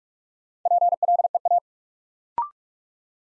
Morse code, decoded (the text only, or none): PLEA